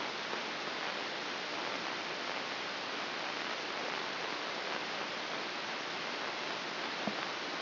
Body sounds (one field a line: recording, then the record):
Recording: brain microelectrode recording played as sound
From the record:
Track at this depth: inside the subthalamic nucleus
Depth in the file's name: 3.824 mm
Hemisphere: left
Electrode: 3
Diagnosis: Parkinson's disease